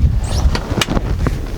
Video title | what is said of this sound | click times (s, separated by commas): SeaFox Center Console Orientation | these out to deploy when they lock into place to | 0.8 s